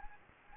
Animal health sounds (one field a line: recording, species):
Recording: mosquito wingbeat signal from an infrared sensor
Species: Anopheles gambiae